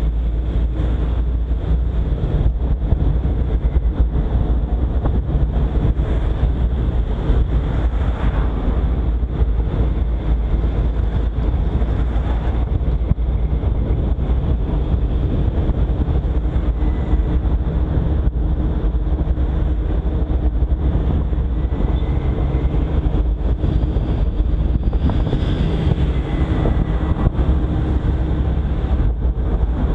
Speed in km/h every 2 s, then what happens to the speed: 34, 35, 35, 33, 31, 31, 37, 40, 39, 40, 40, 40, 40, 40, 40.
0-10 steady at about 33. 10-13 speeds up to 40. 13-30 steady at about 40.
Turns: none.